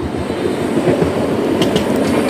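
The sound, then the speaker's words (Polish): A short, modern Hyundai tram arriving from the loop rolls past on its rails with a steady, loud rumbling roar and brief faint high-pitched squeals partway through. No one speaks. “Od strony pętli wjeżdża kolejny okaz. Znowu mamy krótkiego Hyundai'a. Posłuchajmy.”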